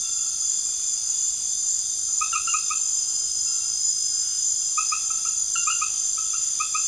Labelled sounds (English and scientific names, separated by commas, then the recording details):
none
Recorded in secondary vegetation near Puerto Asís, Putumayo, Colombia, on 12 March 2025 at 22:00
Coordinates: 0.489, -76.322
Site G042